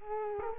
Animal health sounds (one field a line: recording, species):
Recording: mosquito wingbeat signal from an infrared sensor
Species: Culex quinquefasciatus